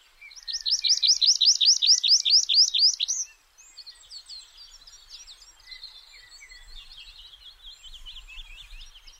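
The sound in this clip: Tree pipit singing a fast rhythmic trill of repeated chirping notes for about three seconds, followed by softer, scratchy twittering.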